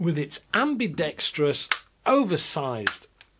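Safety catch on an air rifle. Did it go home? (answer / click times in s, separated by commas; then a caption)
yes / 3.2 s. Someone talks while the ambidextrous, oversized safety catch on a Weihrauch HW110 Karbine air rifle is flicked into place. A short, solid click is heard at 3.2 s as the catch seats in position and shows its red dot.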